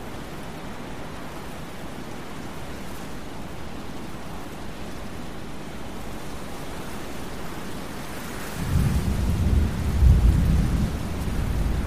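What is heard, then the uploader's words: A thunderstorm sounds as a steady, dense hiss of rain with a heavy low rumble underneath. Around eight seconds a deeper roll of thunder swells in, growing louder and boomier near ten seconds and still rumbling at the end. Thunderstorm Sounds.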